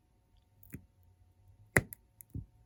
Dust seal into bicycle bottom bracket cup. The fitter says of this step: all right so now that's snapped into place and provides a